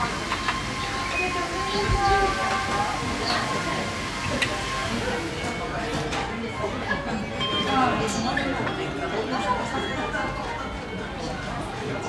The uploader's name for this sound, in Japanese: 無回転寿司屋